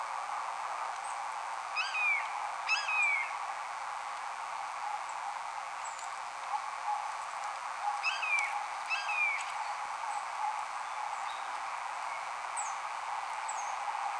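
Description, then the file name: Blue jay mimicry: descending, harsh kee-ah screams delivered in two pairs about six seconds apart, with faint high chips and constant background hiss. Blue jay imitating the call of a red-shouldered hawk, recorded in March. "BLJA-immitating-RSHA-2-MAR"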